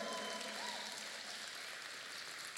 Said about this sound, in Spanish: Aplauso, por favor.